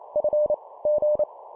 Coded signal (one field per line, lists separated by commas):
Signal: Morse code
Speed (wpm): 28 wpm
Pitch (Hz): 600 Hz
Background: none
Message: F G